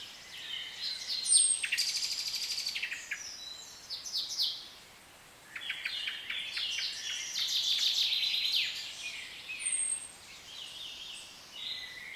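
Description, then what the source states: Birdsong from several overlapping singers: high twittering phrases, rapid buzzy trills and thin whistled notes, with pauses between bursts and a soft background hiss. British birds in a nature atmosphere.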